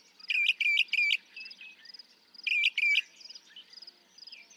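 Northern mockingbird song: loud harsh repeated notes in short bursts, then pauses, over a steady high insect-like trill in the background.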